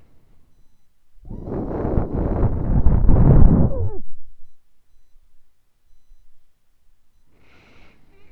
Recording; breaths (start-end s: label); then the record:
nose breathing near a microphone
0.00-1.34 s: inhalation
1.34-4.22 s: exhalation
7.31-8.31 s: inhalation
From the record:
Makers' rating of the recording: medium